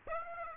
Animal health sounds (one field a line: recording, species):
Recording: mosquito wingbeat signal from an infrared sensor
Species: Aedes aegypti